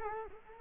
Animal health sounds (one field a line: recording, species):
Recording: mosquito wingbeat signal from an infrared sensor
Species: Culex quinquefasciatus